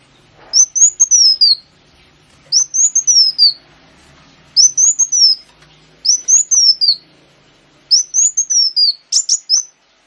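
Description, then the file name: Sunbird song: thin, high whistled phrases that rise then slide down, given in short bursts about every two seconds. Lure recording (pancingan) of kolibri wulung song, used to attract the bird. "suara burung kolibri wulung pancingan"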